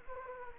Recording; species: mosquito wingbeat signal from an infrared sensor; Anopheles gambiae